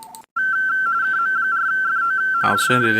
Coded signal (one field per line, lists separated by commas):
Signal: RTTY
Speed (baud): 45.45 baud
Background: speech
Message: KM4FO DE